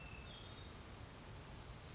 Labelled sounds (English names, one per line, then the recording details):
Western Flycatcher
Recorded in Sonoma County, California